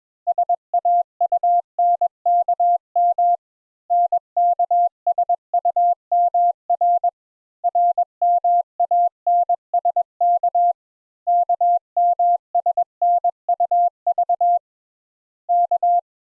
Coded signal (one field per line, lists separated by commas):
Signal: Morse code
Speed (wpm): 21 wpm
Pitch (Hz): 700 Hz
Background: none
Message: SAUNKM NKSUMR RMANSK KMSNUV K